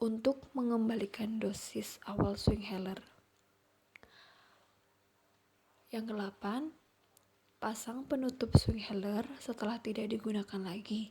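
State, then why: Seated. Someone talks, then in a quiet pause the dose button on a plastic dry-powder inhaler is pressed once until it clicks, giving a sharp click at 4.0 s with a fainter second tick right after at 4.0 s. The button clicks as intended, and the talking resumes afterward.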